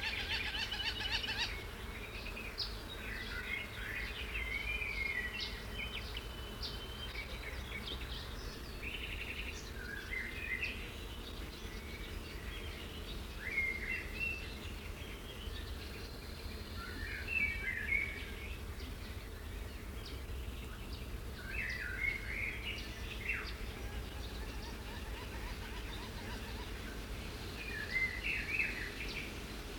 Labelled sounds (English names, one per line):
Eurasian Jay call